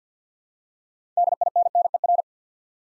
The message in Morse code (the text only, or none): DINNER